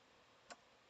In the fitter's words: there. I think it clicked in.